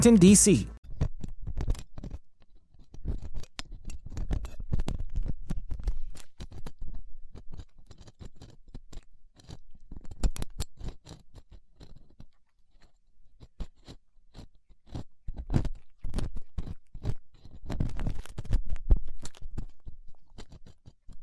Ear Cleaning Latex Gloves, Dental Pick, Cotton Swabs